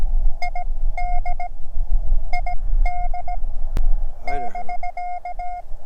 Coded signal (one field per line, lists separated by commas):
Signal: Morse code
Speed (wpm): 16 wpm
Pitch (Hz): 710 Hz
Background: none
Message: ID ID <BK>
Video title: My Morse Code Journey: Cheyenne Mountain